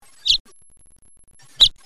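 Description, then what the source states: House finch calls: two short, bright chirps, the second about one and a quarter seconds after the first, against a quiet background. Recorded in northwest California.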